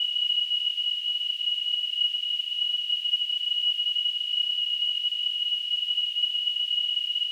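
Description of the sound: A steady, continuous high-pitched tone near 3 kHz over a faint hiss, simulating tinnitus.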